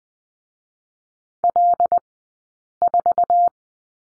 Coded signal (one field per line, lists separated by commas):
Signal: Morse code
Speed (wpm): 20 wpm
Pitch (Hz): 700 Hz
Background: none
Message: L4